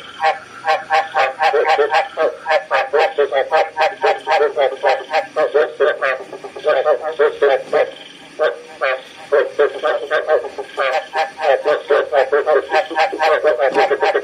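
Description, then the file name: Frog croaks repeated rapidly in dense bursts of rough notes, with brief pauses between runs. "Tieng ech keu hoi chuan"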